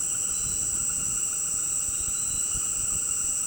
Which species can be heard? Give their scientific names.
none